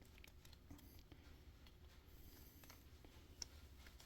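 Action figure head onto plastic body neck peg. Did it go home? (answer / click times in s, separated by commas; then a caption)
no / none. A plastic action figure head is pushed down onto the neck peg of its own plastic body, with quiet handling and faint scraping ticks over low background noise. No snap is heard and nothing clicks into place, though the head ends up sitting on the body.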